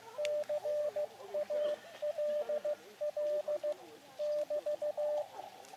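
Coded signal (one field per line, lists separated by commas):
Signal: Morse code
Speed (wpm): 15 wpm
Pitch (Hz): 600 Hz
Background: radio noise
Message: CALL <BT>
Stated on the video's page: QRP portable CW contact on an Elecraft KX2 with a random wire antenna, radio overheating in summer sun.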